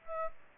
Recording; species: mosquito wingbeat signal from an infrared sensor; Aedes aegypti